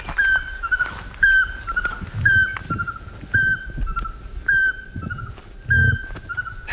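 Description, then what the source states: Eurasian pygmy owl whistled call: short, mellow toots on one even pitch, repeated about once a second in a series. Heard in the Monges, Alpes du Sud, forested valleys with old beech woods and pastures, where the species is at the limit of its range; a relic of the glacial era.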